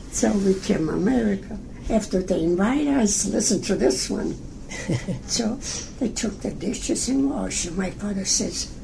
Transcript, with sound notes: So we came America after they invite us—listen to this one (laughs) So we took the dishes in wash, my father says: